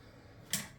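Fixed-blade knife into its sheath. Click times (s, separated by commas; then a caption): 0.5 s. A Gerber Superflex fixed-blade fillet knife is pushed into its sheath against a quiet background. A sharp, bright retention click sounds at 0.5 s as the sheath grabs onto the knife, then quickly fades. The knife is seated in the sheath.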